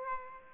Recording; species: mosquito wingbeat signal from an infrared sensor; Aedes aegypti